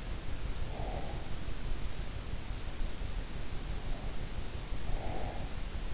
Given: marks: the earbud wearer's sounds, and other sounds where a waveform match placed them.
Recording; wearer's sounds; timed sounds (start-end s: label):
sounds in sleep by an in-ear microphone; breath
0.19-1.66 s: breath
4.54-5.76 s: breath